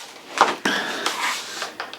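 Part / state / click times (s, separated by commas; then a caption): laptop power adapter tip into laptop DC jack / not seated / none. An Insigna universal laptop power supply's barrel tip is handled near a laptop's DC input jack, with sharp handling knocks at about 0.4, 0.7, 1.1 and 1.8 s and a faint tick near 1.9 s in a small indoor space. Nothing has seated or clicked into the port yet.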